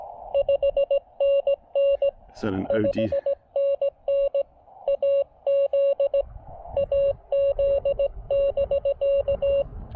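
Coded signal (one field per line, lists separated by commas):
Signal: Morse code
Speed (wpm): 17 wpm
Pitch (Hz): 560 Hz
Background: speech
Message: 5NN 5NN AZ AZ<BK>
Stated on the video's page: Morse sent with a Palm Pico paddle on a Discovery TX-500 during a Parks On The Air activation.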